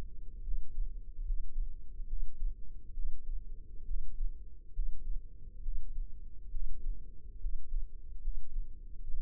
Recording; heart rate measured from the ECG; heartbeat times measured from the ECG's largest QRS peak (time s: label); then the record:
heart sounds by microphone in the left ear; 70 bpm
0.42 s: heartbeat
1.23 s: heartbeat
2.06 s: heartbeat
2.93 s: heartbeat
3.84 s: heartbeat
4.72 s: heartbeat
5.61 s: heartbeat
6.50 s: heartbeat
7.39 s: heartbeat
8.20 s: heartbeat
9.03 s: heartbeat
From the record:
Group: healthy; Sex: male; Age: 35 years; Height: 178 cm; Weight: 64 kg